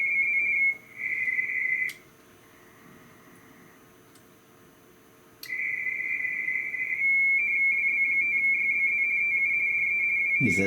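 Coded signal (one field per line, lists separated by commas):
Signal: RTTY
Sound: brief steady tone, pause, then fast warbling two-tone teletype chatter around 2 kHz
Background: radio static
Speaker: Indiana He says, "Thank you." And we made contact.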